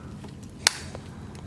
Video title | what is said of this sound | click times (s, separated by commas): Legacy Communicator Unboxing/Review [Mighty Morphin Power Rangers] | That one clicks into place. | 0.7 s